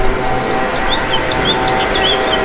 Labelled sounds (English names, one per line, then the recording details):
House Finch song
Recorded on Long Island, New York, on 8 June 2012
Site MB
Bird C